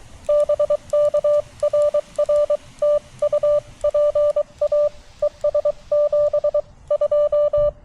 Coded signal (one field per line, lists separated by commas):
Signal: Morse code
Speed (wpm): 23 wpm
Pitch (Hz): 590 Hz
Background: none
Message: BK RR TU PA ES 72